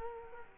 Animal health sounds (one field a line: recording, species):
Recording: mosquito wingbeat signal from an infrared sensor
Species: Culex quinquefasciatus